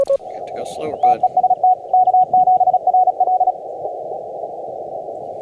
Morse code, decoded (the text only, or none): TEST K7RL